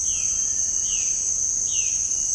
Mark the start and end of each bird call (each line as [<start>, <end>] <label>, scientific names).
[0.00, 2.01] Cyanocorax violaceus